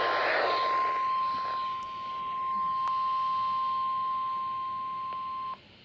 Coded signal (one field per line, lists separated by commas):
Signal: Emergency Alert System (SAME) tones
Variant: 1050 Hz attention tone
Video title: Severe Thunderstorm Warning on KXI89 (EAS #102)